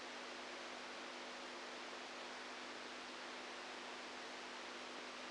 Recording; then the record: brain microelectrode recording played as sound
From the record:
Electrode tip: outside the subthalamic nucleus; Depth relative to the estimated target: 2 mm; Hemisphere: right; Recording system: NeuroSet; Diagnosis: Parkinson's disease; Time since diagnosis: 10 years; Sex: female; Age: 67 years